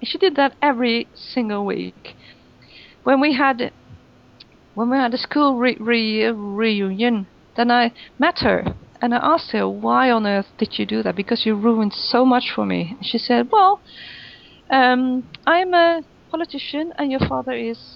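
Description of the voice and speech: An adult woman tells a story in mostly fluent speech broken by a restarted phrase, a part-word repetition with a stretched sound on "re-re-reunion," drawn-out sounds and hesitant pauses. These breaks fit stuttering, here fairly mild.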